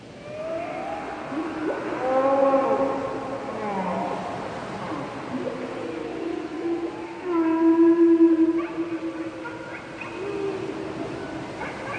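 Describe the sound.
Whale song with long moaning tones, some rising and falling, stacked with higher harmonics and swelling in loudness around the second and eighth seconds.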